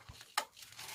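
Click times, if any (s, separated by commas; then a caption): 0.4 s. A DDR4 RAM stick is pressed down into slot 4 of a motherboard DIMM slot until its gold contacts disappear. A faint tap at 0.1 s is followed by a sharp, bright click at 0.4 s, and the module is seated.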